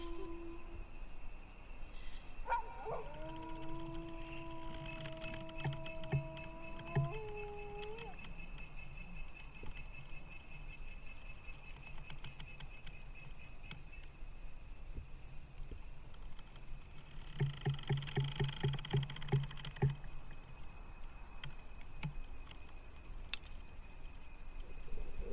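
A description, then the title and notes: A female ghost's voice holds a long, eerie note from about three to eight seconds, wavering and then bending upward as it fades. A thin, high whine and a low hum run underneath throughout, with a burst of rapid clicking pulses around seventeen to twenty seconds. Thai haunted cemetery ASMR Ambience เสียงบรรยากาศหลอนๆ ในป่าช้ากลางดึก. Female ghost walking around the cemetery looking for her lost baby , singing lullaby and call for help.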